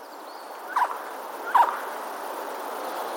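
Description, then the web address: Eurasian jay giving two short calls, under a second apart, over steady background hiss. Alarm calls, recorded 15 February 2022. "wroblowe ostrzegator sojka"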